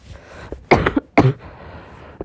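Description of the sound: Two forceful coughs about half a second apart from an adult on day 3 of a coronavirus infection with pneumonia; the coughing comes on when trying to talk.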